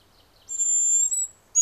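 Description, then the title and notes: Hazel grouse delivering a long, very high, thin whistle that wavers slightly, followed after a short pause by the start of another whistle. "Pyy. Juha Laaksonen"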